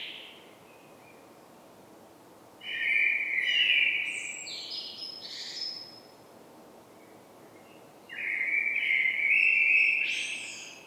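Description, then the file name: Common blackbird song in two phrases, each a mellow warble breaking into higher notes, with quiet background between. "Turdus merula"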